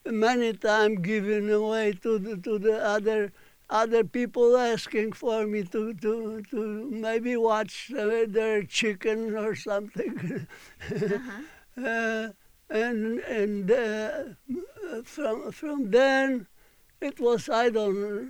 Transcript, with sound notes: And many times given away to the other, other people asking for me to, to maybe watch their chickens or something. (he laughs) And from there it was, I don't